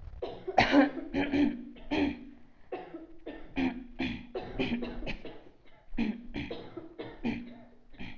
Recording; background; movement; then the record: throat clearing; a bystander coughing; sitting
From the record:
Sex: female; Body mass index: 22.6 kg/m2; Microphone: on the chest, facing outward